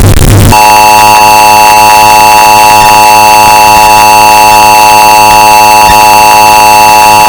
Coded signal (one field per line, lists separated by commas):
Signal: Emergency Alert System (SAME) tones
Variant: 853 and 960 Hz attention tone